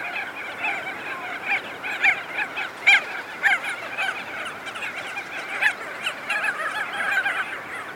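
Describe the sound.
Crested auklets honking, nasal and uneven, in a dense chorus with a few sharper, louder peaks.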